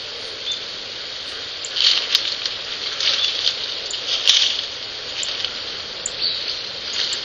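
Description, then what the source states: Rustic bunting calls: short, sharp high-pitched ticks scattered irregularly, several close together midway, heard over steady hissing background noise. Calls heard in the evening after the birds had gone to roost.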